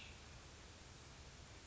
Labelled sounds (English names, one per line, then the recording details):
Cassin's Vireo
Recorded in Sonoma County, California